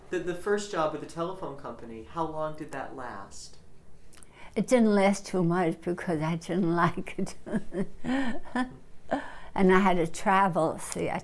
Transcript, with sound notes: The, the first job with the telephone company, how long did that last?
It didn't last too long because I didn't like it. (she laughs) And I had to travel, see?